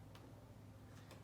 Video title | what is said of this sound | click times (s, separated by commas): Strawberry & Rhubarb Popsicles | where they pop into place i'm not sure if you can hear the click | 0.2 s, 1.1 s